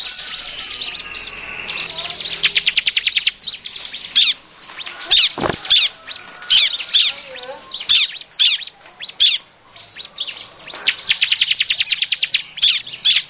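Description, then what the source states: Bar-winged prinia calls: high chirps mixed with rapid buzzy trills repeated in bursts, plus scattered slurred notes and a short low thump in the middle. Busy, noisy calling used as a lure for catching birds.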